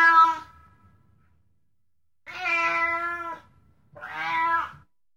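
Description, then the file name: Cat meows, a trailing end of one call, then two long harmonic meows in succession, with silence in between. "Cat meowing long"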